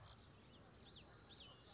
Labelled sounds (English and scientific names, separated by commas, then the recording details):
Common Yellowthroat (Geothlypis trichas)
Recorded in Sonoma County, California